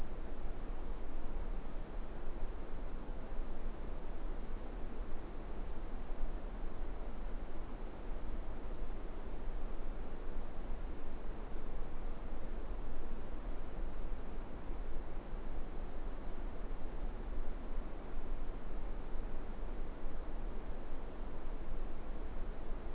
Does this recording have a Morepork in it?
no